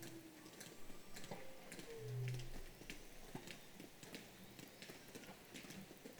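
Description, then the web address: Whale calls: a descending tonal sweep with a short low hum, among rapid scattered clicks and constant underwater hiss. "baleines"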